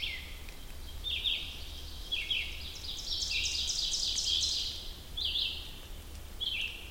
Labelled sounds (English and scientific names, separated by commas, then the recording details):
Ovenbird (Seiurus aurocapilla) song
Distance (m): 45 m
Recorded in boreal forest in Alberta, Canada, on 2 June 2016 at 06:46
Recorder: SongMeter 3, array SBT-3-7
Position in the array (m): 44 m, 157 m
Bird 4